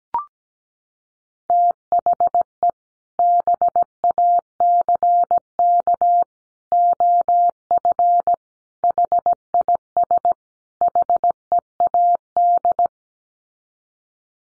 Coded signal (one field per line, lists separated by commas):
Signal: Morse code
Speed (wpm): 17 wpm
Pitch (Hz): 700 Hz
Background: none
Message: THE BACK OF HIS HEAD